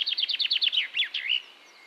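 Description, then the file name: Common chaffinch song phrase: a quick series of repeated sweeping notes ending in a short flourish. "Fringilla coelebs"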